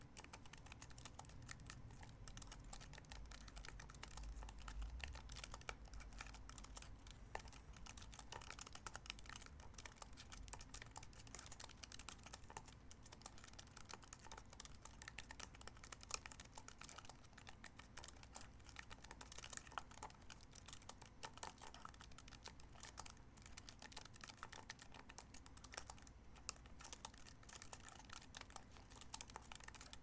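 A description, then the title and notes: Keyboard typing runs continuously for the full thirty seconds, a dense, fast patter of crisp key clicks with no pauses. The clicks are bright and fairly even in loudness, with a few sharper strikes standing out. A soft low hum sits underneath. ASMR Keyboard Typing Sounds (No Talking).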